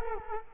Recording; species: mosquito wingbeat signal from an infrared sensor; Culex quinquefasciatus